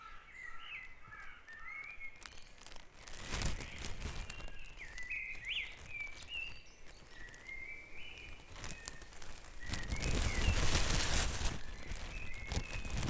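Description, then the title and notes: Birds in full chorus, a run of varied warbling phrases and twittering notes almost without pause, with bursts of rushing noise in between. Dawn chorus recorded at Back Dragon Avenue, Harrogate, part of a sound map of Harrogate. "Dawn Chorus // Back Dragon Avenue, Harrogate. Part of the Sound Map Of Harrogate"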